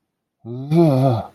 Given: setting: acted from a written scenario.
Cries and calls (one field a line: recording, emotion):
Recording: vocal sound without words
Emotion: negative surprise